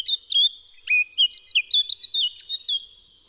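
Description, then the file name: Eurasian blackcap song: a bright, tumbling phrase of quick varied whistles and chirps that fades out at the end. "KAPTURKA"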